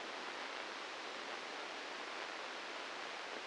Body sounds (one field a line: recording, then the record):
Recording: brain microelectrode recording played as sound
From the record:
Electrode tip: inside the subthalamic nucleus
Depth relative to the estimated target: -2 mm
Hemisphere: right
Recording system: NeuroSet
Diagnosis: Parkinson's disease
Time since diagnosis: 8 years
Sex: male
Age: 59 years